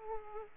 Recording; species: mosquito wingbeat signal from an infrared sensor; Aedes aegypti